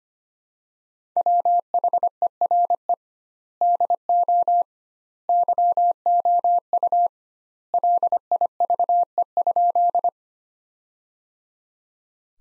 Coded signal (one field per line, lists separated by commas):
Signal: Morse code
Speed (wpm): 25 wpm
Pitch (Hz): 700 Hz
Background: none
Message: WHERE DO YOU LIVE?